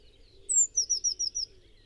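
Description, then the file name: Eurasian blue tit singing one high, drawn-out note followed by five rapid, slightly wavering notes, all very high-pitched, with faint low background noise. "Cyanistes caeruleus"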